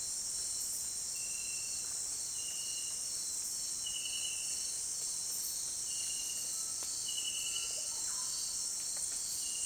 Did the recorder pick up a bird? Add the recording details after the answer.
no. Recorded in dense forest near Puerto Asís, Putumayo, Colombia, on 25 June 2025 at 18:00. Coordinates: 0.484, -76.325. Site H65